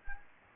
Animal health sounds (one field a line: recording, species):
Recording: mosquito wingbeat signal from an infrared sensor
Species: Anopheles gambiae